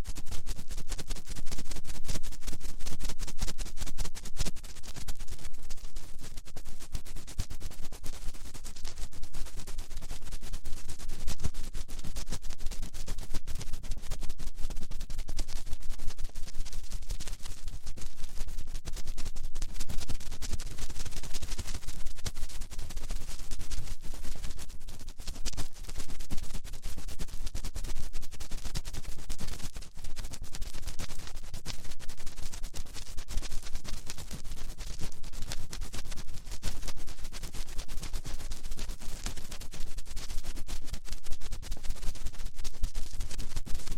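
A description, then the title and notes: Fast finger ear cleaning sounds: dense, rapid scratching and rubbing that runs without pause for the whole stretch. The texture is bright and crackly over a steady low rumble, with quick flickering strokes, the level holding even throughout and only brief small dips. ASMR Fast Finger Ear Cleaning for Sleep (No Talking).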